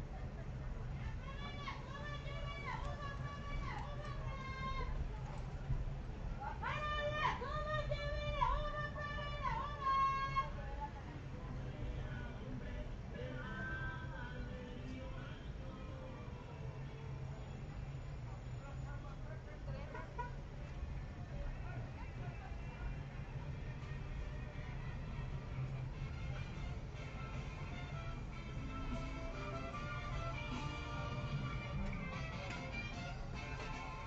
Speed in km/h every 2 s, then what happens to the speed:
7, 7, 7, 7, 7, 8, 8, 8, 8, 8, 8, 9, 8, 7, 7, 7, 6.
0-34 steady at about 7.